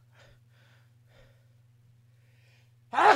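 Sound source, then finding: Adult. Sneeze.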